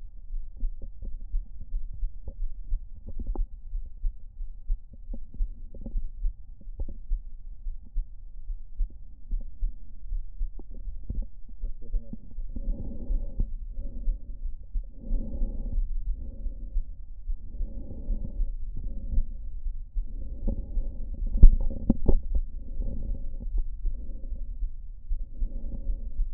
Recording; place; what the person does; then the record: lung sounds by stethoscope; right anterior apical chest; quiet breathing, then deep breathing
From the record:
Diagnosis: none (healthy); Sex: male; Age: 29 years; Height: 180 cm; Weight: 100 kg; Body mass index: 30.9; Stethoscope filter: diaphragm mode